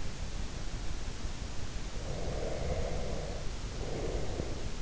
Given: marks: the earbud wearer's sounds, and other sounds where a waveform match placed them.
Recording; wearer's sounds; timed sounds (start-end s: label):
sounds in sleep by an in-ear microphone; breath
1.99-4.80 s: breath